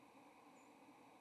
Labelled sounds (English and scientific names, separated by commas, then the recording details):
White-throated Sparrow (Zonotrichia albicollis) flight call
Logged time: 08:31 on 30 October 2014